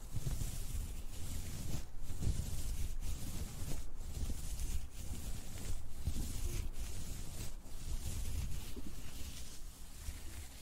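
Ear massage with a dense, rubbing rumble that stays heavy in the lows, topped by a steady soft hiss. Brief pauses break the rubbing roughly every second, giving it a loose, repeating rhythm that carries on without change.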